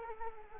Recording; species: mosquito wingbeat signal from an infrared sensor; Anopheles arabiensis